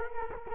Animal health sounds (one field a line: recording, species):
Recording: mosquito wingbeat signal from an infrared sensor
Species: Culex quinquefasciatus